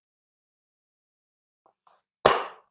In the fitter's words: feel that little snap noise